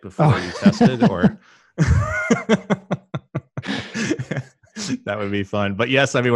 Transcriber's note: laughs